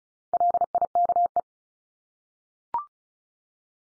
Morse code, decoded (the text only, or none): LIKE